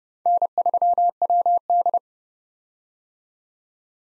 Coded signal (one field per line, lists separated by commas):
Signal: Morse code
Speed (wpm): 30 wpm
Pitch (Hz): 700 Hz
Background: none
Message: N3WD